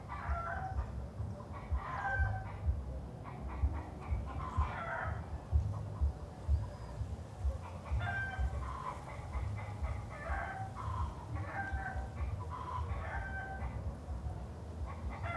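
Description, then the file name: Chicken: hens cluck repeatedly in bursts of nasal, harmonic notes about every two seconds, with a constant low-pitched background rumble. Chickens clucking in the city; filed under rural ambience. "Galinhas cacarejando na cidade"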